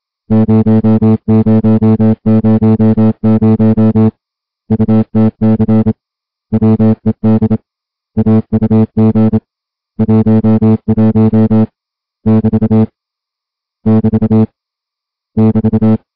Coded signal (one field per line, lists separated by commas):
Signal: Morse code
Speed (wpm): 26 wpm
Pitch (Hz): 220 Hz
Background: music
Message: 0000 UTC WED AUG 11 <BT> <BT> <BT>